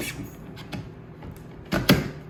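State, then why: Seated. An attachment shaft is pushed into the split-boom coupler of a Milwaukee cordless string trimmer power head, with faint handling knocks before a rising scrape as the shaft slides in. A sharp click at 1.9 s marks the locking button engaging, and the attachment is seated.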